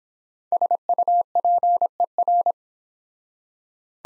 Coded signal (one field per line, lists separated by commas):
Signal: Morse code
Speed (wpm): 30 wpm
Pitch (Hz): 700 Hz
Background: none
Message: SUPER